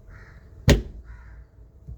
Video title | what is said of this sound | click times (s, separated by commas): How to fully remove floor center console in Kia Sportage | Then press straight down with firm steady pressure until the internal clips engage and you feel it snap into place. | 0.7 s